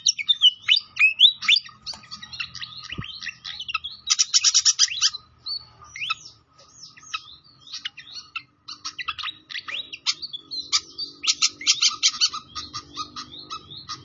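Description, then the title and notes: Pied fantail song of quick, high twittering notes in irregular bursts, with a few buzzy trills, continuing with short gaps throughout. Masteran (training) of a clear voice mixed with the sound of trickling water. "Masteran Sikatan Kipas Suara Jernih Dan Suara Gemericik Air. Suara Burung Sikatan Londo"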